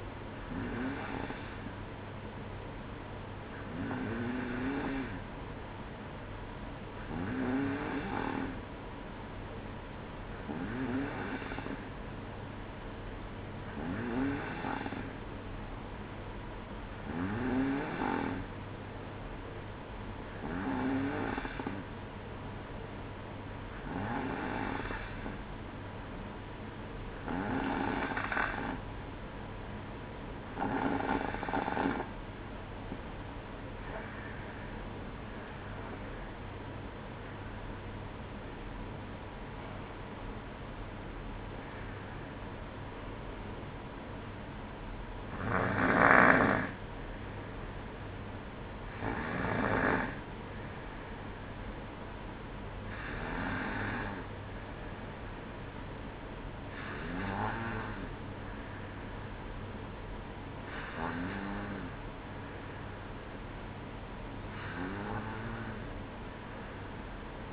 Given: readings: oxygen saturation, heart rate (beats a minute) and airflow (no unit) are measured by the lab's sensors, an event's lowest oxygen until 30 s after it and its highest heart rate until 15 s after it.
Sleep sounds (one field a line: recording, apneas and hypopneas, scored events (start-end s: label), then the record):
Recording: breathing in sleep by a voice recorder at the bedside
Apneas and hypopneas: 1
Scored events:
10.00-33.80 s: hypopnea (N2, oxygen 93% highest, then 93% lowest, heart rate 61 at the start, 68 highest)
42.00-67.53 s: new sleep stage, N1 (lightest sleep)
From the record:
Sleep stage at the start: N2 (light sleep)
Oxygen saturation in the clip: 93 to 95%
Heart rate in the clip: 58 to 68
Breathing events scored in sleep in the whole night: 305 in 9.6 hours asleep